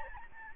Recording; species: mosquito wingbeat signal from an infrared sensor; Aedes albopictus